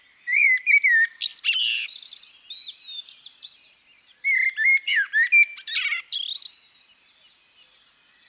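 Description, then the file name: Common blackbird singing mellow whistled phrases that slide and dip, followed by thin, scratchy high twittering, with brief gaps between phrases. "CHernyj drozd - Turdus merula - British Library"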